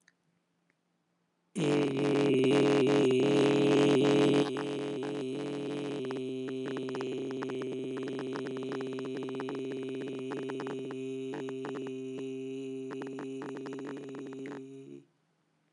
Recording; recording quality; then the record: sustained vowel as in made; excellent, no background noise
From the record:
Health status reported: healthy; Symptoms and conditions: none ticked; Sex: male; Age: 26 years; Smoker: not ticked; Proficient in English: yes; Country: India